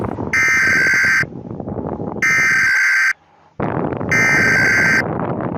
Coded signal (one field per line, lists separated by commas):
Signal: Emergency Alert System (SAME) tones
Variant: header bursts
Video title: Emergency Alert System Warning Test 10/07/21